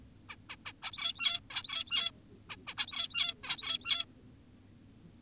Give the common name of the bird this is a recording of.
Zebra Finch